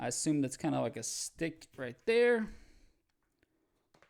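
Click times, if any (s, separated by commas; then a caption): none. A Microsoft Surface Duo is lined up and pressed into the plastic half of an Otterbox Theorem Series protective case while someone talks. Near the end, after the talking stops, there are two faint, brief handling ticks at about 4.0 s. Nothing has seated or clicked yet; the phone is still being handled and has not snapped into place.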